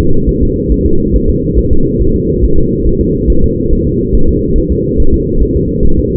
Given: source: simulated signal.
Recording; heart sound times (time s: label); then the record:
fetal heart sounds
0.00 s: S2
0.29 s: S1
0.43 s: S2
0.72 s: S1
0.86 s: S2
1.15 s: S1
1.30 s: S2
1.59 s: S1
1.73 s: S2
2.02 s: S1
2.16 s: S2
2.44 s: S1
2.59 s: S2
2.87 s: S1
3.01 s: S2
3.30 s: S1
3.44 s: S2
3.73 s: S1
3.87 s: S2
4.15 s: S1
4.29 s: S2
4.58 s: S1
4.72 s: S2
5.00 s: S1
5.14 s: S2
5.42 s: S1
5.56 s: S2
5.85 s: S1
5.99 s: S2
From the record:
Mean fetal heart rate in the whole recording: 140 bpm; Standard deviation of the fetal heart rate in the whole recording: 2 bpm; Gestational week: 34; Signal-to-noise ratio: -19.1 dB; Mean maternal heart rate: 72 bpm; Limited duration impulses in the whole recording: present